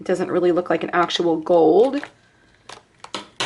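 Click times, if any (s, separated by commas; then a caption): 3.1 s, 3.4 s. Someone talks for about two seconds, then after a quiet pause a gel pen is pressed back into its plastic holder slot in the storage packaging. It snaps right in with clicks at 3.1 and 3.4 seconds, seating firmly.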